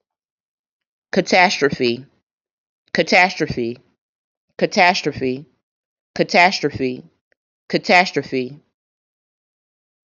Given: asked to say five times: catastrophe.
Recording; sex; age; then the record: repeated word; female; 30 to 39 years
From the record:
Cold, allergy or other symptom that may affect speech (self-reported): no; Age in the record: 35 years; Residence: United States